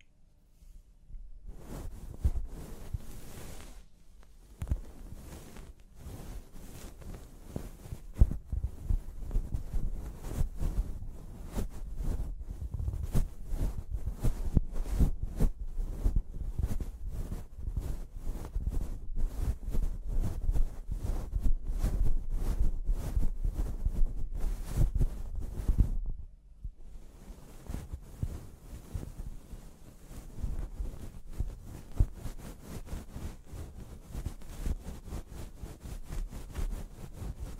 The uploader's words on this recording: ASMR Sleep Clinic Personal Attention Scalp Massage, Hair Wash (No Talking).